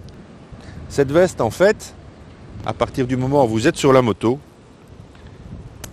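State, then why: Seated. Someone talks while the tether attached to the motorcycle is clipped onto the airbag vest's connector. A sharp click is heard at 5.8 s as the tether seats onto the vest.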